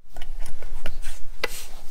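The end bearing cap of a Rolls-Royce Merlin aero-engine magneto is worked by hand into its metal housing shell against the strong magnet's pull, with the shaft hard to line up. Light ticks and scraping rubs are heard, with a sharper metallic tap at about 1.4 s. The cap is not all the way in, and nothing has seated or clicked yet.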